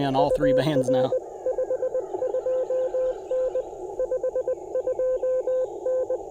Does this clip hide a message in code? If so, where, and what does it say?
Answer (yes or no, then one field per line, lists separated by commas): yes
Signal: Morse code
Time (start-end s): 0.2-6.2 s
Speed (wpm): 20 wpm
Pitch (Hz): 510 Hz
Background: speech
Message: UR 52N 52N